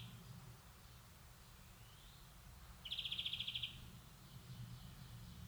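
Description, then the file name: European greenfinch giving one short rapid twittering trill midway, otherwise quiet apart from a low steady hum. "Chloris chloris"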